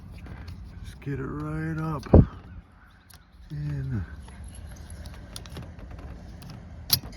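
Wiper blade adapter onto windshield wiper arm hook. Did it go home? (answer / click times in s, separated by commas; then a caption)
yes / 6.9 s. A new windshield wiper blade's plastic adapter is pushed up onto the hooked end of the wiper arm on a 2022 Nissan Sentra while someone talks. A few faint ticks follow, then a sharp click at 6.9 s as the adapter seats home on the arm.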